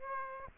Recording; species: mosquito wingbeat signal from an infrared sensor; Aedes aegypti